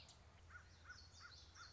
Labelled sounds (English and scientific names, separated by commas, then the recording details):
Common Yellowthroat (Geothlypis trichas)
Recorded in Sonoma County, California